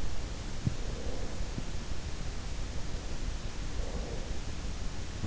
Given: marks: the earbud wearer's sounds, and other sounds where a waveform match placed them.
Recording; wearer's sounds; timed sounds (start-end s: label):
sounds in sleep by an in-ear microphone; breath
0.62-1.82 s: breath
3.50-4.40 s: breath